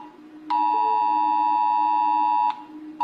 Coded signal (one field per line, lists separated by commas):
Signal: Emergency Alert System (SAME) tones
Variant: 853 and 960 Hz attention tone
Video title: OLD VIDEOS ARCHIVE #3: Rating EAS alarms by how scary they are! HEADPHONE VOLUME WARNING!